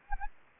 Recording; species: mosquito wingbeat signal from an infrared sensor; Anopheles gambiae